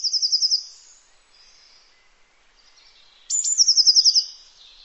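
Bird with a high, rapid trill that fades out, then after a pause a sharp note and another fast, buzzy trill.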